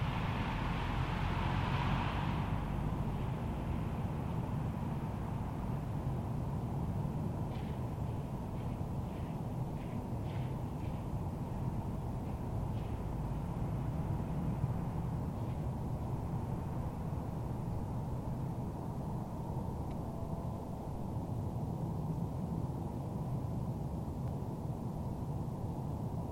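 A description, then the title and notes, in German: An airplane drones steadily over a winter forest, a deep, even rumble that holds for the whole stretch. A brighter rushing hiss fades out in the first two seconds, and faint, short chirps from birds come and go between about eight and thirteen seconds. Flugzeuge im Wald im Winter.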